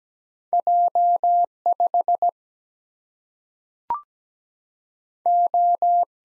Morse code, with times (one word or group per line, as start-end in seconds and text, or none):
0.5-1.5 J
1.7-2.3 5
5.3-6.0 O